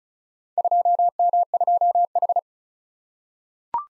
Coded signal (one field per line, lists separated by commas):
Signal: Morse code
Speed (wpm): 36 wpm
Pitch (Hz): 700 Hz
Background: none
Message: 2M2H